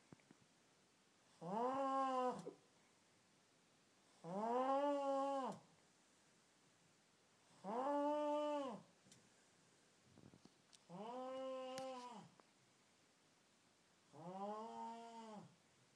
The unholy sounds of a hostel mate with the worlds loudest snore.